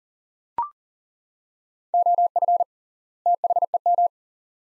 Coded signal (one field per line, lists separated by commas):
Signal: Morse code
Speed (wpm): 40 wpm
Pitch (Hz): 700 Hz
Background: none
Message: OF THEM